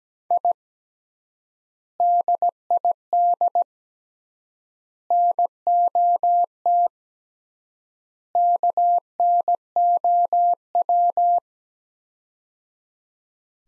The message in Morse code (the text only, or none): I DID NOT KNOW